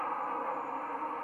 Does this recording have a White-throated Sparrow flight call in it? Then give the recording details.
no. No flight call is heard. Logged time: 02:02 on 10 November 2014